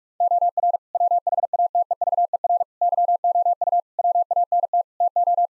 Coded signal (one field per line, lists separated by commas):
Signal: Morse code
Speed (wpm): 46 wpm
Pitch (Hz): 700 Hz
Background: none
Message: OR WHATEVER YOU WANT TO